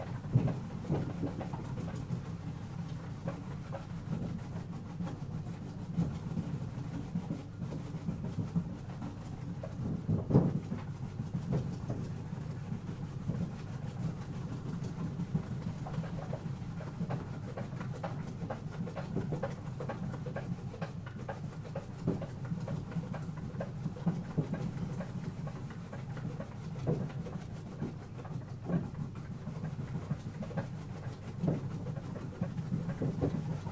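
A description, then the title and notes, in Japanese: A shredding machine cuts washed daikon radish into thin strips, running as a steady low drone for the whole time. Dense, irregular clicks and clatter sit on top of the hum, with a sharper knock near ten seconds. 機械音あり 切り干し大根作り。一人は大根を機械に入れ込む、一人は出てきた千切り大根をコンテナに受ける。洗った大根を千切り機で千切り大根にします。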